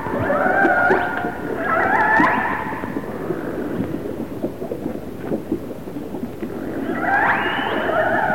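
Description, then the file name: Orca pulsed calls, harmonic stacked tones rising and then held, in two bursts at the start and a third near the end, over steady low water noise. Resident orcas of the A clan. "Resident Orca ARClan"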